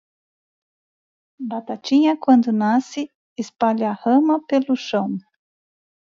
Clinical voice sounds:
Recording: short text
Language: Brazilian Portuguese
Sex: female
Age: 50 to 59 years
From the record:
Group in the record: control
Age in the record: 51 years

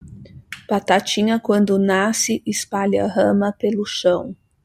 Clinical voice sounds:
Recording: short text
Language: Brazilian Portuguese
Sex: female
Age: 40 to 49 years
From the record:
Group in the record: control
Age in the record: 47 years

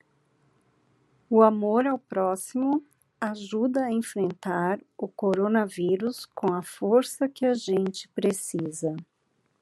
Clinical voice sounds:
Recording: spoken sentence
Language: Brazilian Portuguese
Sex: female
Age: 40 to 49 years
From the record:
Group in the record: control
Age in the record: 45 years

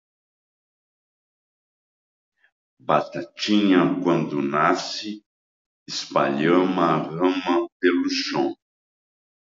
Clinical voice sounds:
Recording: short text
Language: Brazilian Portuguese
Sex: male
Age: 60 to 69 years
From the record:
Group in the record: control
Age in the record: 69 years

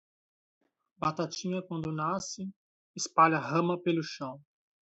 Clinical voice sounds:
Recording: short text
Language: Brazilian Portuguese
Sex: male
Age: 30 to 39 years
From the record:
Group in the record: control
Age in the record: 35 years

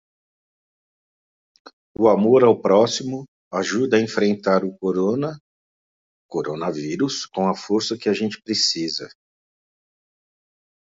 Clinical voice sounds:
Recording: spoken sentence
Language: Brazilian Portuguese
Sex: male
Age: 50 to 59 years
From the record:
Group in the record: control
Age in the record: 56 years

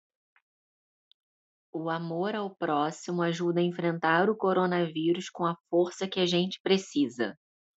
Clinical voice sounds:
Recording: spoken sentence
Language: Brazilian Portuguese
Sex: female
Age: 30 to 39 years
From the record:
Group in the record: control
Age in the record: 39 years

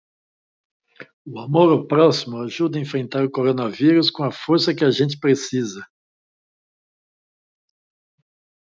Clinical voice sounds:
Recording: spoken sentence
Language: Brazilian Portuguese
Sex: male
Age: 60 to 69 years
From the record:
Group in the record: control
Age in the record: 61 years

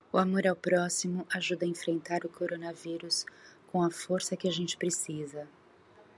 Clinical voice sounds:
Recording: spoken sentence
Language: Brazilian Portuguese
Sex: female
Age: 50 to 59 years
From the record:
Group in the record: control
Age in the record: 54 years

